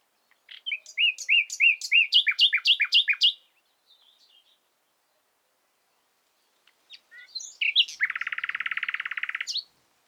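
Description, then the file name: Common nightingale song: a rapid string of repeated chirps, a pause, then a phrase ending in a long, dense rattling trill. "Luscinia megarhynchos"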